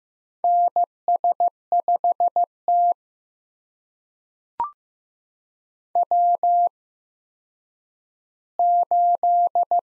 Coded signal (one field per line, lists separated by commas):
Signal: Morse code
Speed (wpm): 15 wpm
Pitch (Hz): 700 Hz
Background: none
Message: NS5T W8